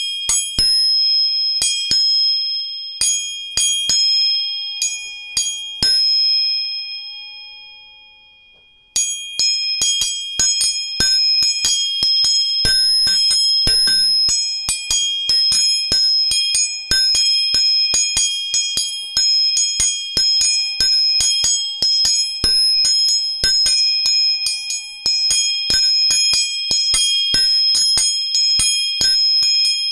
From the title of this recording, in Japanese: 音叉チューニング3本